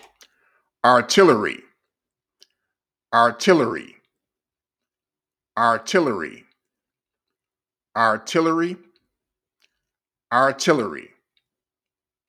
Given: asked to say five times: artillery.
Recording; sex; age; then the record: repeated word; male; 50 to 59 years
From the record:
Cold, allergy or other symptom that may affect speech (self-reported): no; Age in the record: 56 years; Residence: Georgia, United States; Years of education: 16